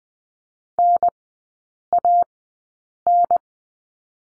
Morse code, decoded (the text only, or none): NAN